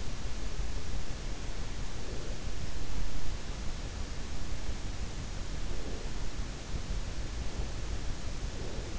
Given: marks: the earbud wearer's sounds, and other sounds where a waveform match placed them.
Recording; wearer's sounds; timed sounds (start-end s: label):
sounds in sleep by an in-ear microphone; breath
1.66-2.56 s: breath
5.63-6.31 s: breath
8.52-8.99 s: breath